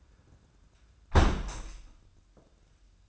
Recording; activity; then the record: daily activity, microphone in the room; close window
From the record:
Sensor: 2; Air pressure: 994.2 hPa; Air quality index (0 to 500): 211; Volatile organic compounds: 1000 ppm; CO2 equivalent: 6990 ppm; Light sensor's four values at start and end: 78/182/76/76 and 72/171/70/70